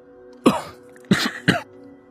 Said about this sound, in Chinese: 咳嗽了两声，甩了甩湿漉漉的袖子，叹气， 差点淹死。